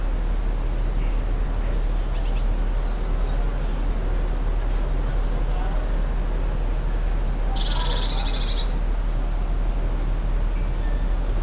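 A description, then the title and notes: Garden ambience of steady low rumble with scattered bird chirps, including a brighter burst of birdsong around eight seconds and another near the end. Hot Noon Garden Ambient. London #heatWave.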